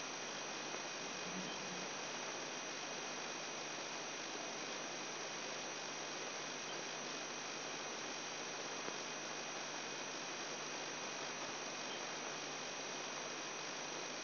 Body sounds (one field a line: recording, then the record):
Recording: brain microelectrode recording played as sound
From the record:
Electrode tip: inside the subthalamic nucleus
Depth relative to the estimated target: -1 mm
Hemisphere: right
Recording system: AlphaMap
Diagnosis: Parkinson's disease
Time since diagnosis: 10 years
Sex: male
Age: 58 years